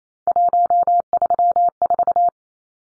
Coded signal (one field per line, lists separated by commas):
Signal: Morse code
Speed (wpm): 28 wpm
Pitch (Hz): 700 Hz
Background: none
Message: 134